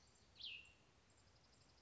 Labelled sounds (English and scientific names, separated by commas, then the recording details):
Cassin's Vireo (Vireo cassinii)
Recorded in Sonoma County, California